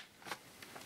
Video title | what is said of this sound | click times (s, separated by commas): Unboxing A Vintage Hoover S4256 Powerglide Vacuum Cleaner | you push it like that until it clicks, and | 0.3 s, 0.6 s